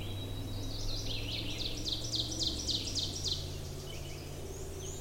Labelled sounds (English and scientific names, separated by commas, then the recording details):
Ovenbird (Seiurus aurocapilla) song
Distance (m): 70 m
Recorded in boreal forest in Alberta, Canada, on 20 June 2016 at 06:41
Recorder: SongMeter 3, array SBT-6-81
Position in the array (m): 43 m, 303 m
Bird 26